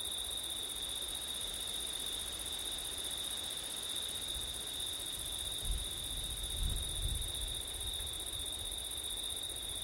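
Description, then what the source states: Crickets trill continuously at a high pitch, while brief gusts of wind rumble low in the second half. Crickets on a September night in wind, recorded with an ORTF stereo setup.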